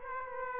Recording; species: mosquito wingbeat signal from an infrared sensor; Aedes aegypti